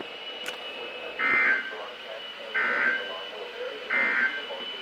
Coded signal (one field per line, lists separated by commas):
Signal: Emergency Alert System (SAME) tones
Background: speech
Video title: Test n stuff 10/12/22 (EAS #404-406)